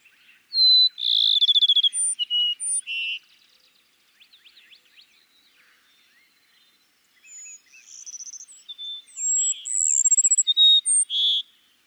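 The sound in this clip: Cassin's sparrow song: a loud trill followed by whistled notes, a pause with faint twittering, then a second varied phrase of whistles and a trill.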